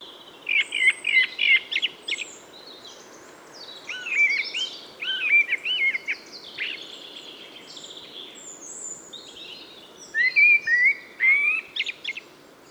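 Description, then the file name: Eurasian blackbird singing whistled phrases mixed with high chattering twitters, with quiet background noise between phrases. "Turdus merula"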